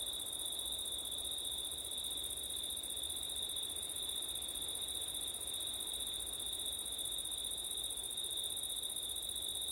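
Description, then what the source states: Unbroken chorus of crickets trilling at high pitch, steady from start to end, with soft wind underneath. Crickets at night in September, with wind; ORTF microphone setup.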